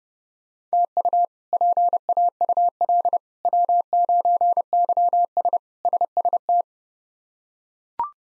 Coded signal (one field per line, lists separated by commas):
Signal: Morse code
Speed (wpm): 30 wpm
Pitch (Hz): 700 Hz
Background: none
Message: TU PAUL W9YS SST